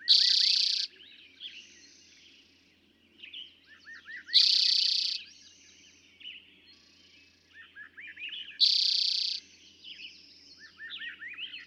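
Eastern towhee singing a loud buzzy trill three times, roughly every four seconds, while softer bird calls and chips fill the gaps.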